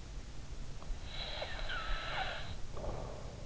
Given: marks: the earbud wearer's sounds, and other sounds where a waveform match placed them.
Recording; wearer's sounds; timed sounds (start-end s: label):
sounds in sleep by an in-ear microphone; snoring breath
0.95-3.46 s: snoring breath